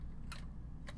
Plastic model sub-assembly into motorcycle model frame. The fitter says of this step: show you how it'll kind of just click right into place down there